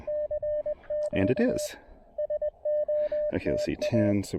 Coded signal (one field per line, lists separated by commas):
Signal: Morse code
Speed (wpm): 20 wpm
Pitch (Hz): 590 Hz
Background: speech, radio noise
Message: CQ SOTA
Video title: Mount Pisgah: SOTA from an Observation Deck Rail and an Improvised Wire Antenna Deployment!